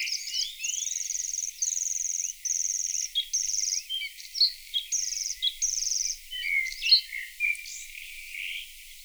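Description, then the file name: Bluethroat delivers a row of long, buzzy high notes with short gaps, followed by scattered chirps, whistles and twittering. Played back. "Blaahals"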